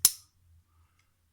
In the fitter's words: You hear that click? That's the right way to do it.